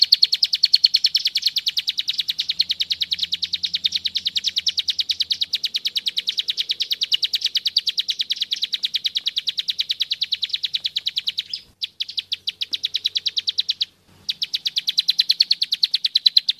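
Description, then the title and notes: Bird song of continuous fast, high chirping, about three notes a second, running almost unbroken with two brief pauses near the end. Master recording from a compilation, used for training birds. "Kumpulan Masteran Burung"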